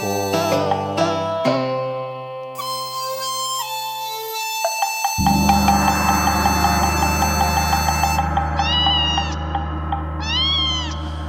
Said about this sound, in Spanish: El gato dice: